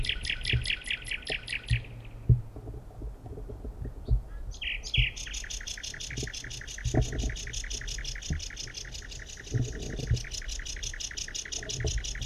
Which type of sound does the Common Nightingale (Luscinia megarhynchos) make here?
song